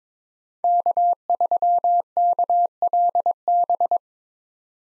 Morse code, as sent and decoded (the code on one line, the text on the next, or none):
-.- ...-- -.- .-.. -...
K3KLB